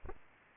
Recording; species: mosquito wingbeat signal from an infrared sensor; Aedes aegypti